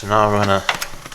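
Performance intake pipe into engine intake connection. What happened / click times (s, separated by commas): Intake pipe handled, not yet clicked home / none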